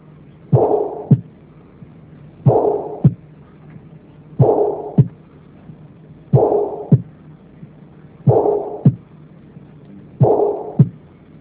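Slow, regular adult heartbeat at about 31 a minute, with a rushing murmur between the first and second sounds: a mid-systolic murmur.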